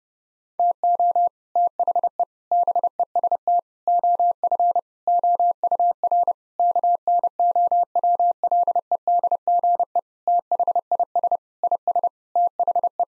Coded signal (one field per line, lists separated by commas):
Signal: Morse code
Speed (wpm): 30 wpm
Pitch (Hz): 700 Hz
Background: none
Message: TO THE BEST OF OUR KNOWLEDGE THIS IS THE